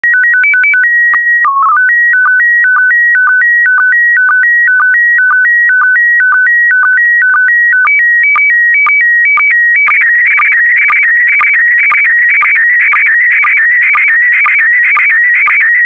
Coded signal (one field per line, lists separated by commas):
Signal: SSTV (slow-scan television)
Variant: PD 120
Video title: (01 of 12) ISS Expedition 67 - MAI-75 April 2022 - Retransmission SSTV PD120